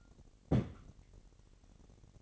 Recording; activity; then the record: daily activity, microphone in the room; place on stove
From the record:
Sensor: 4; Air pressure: 1012.9 hPa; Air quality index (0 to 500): 238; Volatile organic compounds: 4 ppm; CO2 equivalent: 1583 ppm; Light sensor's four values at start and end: 31/73/30/30 and 31/73/30/29